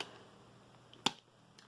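The battery door cover on a Geekvape Aegis Legend limited edition rugged vape mod is pushed down onto the mod body and latches shut with one sharp, bright snap at 1.1 s. Fainter small clicks and handling sounds come before and after it. The cover is seated and secure.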